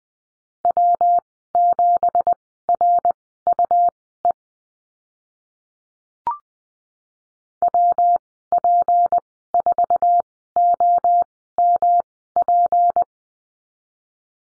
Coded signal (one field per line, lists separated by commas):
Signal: Morse code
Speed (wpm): 20 wpm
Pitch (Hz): 700 Hz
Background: none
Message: W7RUE WP4OMP